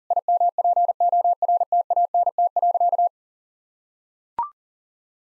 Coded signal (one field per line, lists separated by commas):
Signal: Morse code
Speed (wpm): 40 wpm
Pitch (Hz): 700 Hz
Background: none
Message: IMPORTANT.